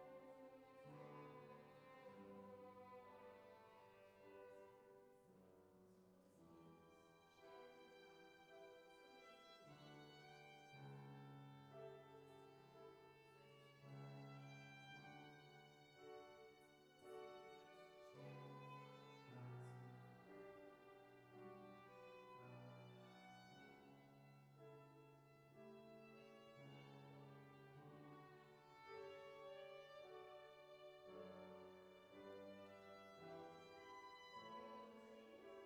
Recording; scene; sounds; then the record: everyday scene through a hearing-aid microphone; reverberant space; music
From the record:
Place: church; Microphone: behind the ear, left, front